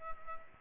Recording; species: mosquito wingbeat signal from an infrared sensor; Culex pipiens